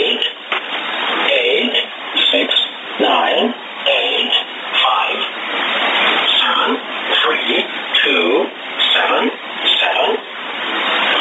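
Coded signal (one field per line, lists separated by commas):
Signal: numbers station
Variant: E07a English Man, English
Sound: male voice reading short words at a steady pace over shortwave noise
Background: radio static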